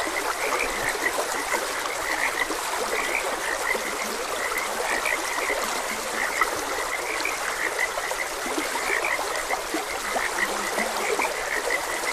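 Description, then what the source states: Frogs croaking in a chorus, many short, bright notes overlapping steadily throughout, over a constant rushing of flowing water. Frogs croaking beside a gentle stream.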